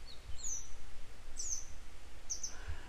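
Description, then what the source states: Grey wagtail calls: three short, thin, high-pitched sharp notes about a second apart, with constant low-frequency rumble underneath. A pair of grey wagtails still searching for their young today; follow-up report.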